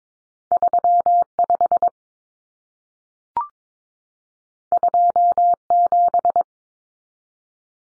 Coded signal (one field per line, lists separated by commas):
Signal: Morse code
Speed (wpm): 22 wpm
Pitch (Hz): 700 Hz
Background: none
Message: 35 27